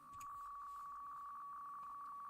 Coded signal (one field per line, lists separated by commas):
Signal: PSK63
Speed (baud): 62.5 baud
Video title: M0KNM - UKEICC 80m Contest Livestream 01/01/25